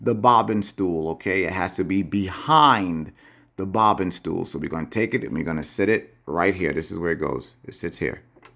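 Someone talks while handling a plastic sewing machine bobbin, setting it onto the sewing machine's bobbin winder spindle. The bobbin has not yet snapped into place, and nothing has seated or clicked by the end.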